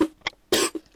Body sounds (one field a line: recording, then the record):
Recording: coughing mixed with background sound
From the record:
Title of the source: 55 gaggy wet cough